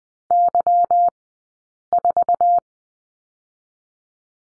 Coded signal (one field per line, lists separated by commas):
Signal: Morse code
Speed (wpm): 20 wpm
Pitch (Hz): 700 Hz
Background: none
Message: Y4